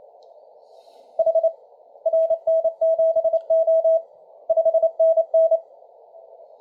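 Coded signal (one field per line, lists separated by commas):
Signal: Morse code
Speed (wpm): 27 wpm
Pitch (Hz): 660 Hz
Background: none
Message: H RN7O 5NN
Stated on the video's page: Received on a Malahit DSP2 and Tecsun S2200-x with an end-fed antenna and internal loop.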